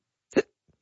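A single sharp, voiced hiccup from an adult caller on a radio phone line, followed by a faint breath.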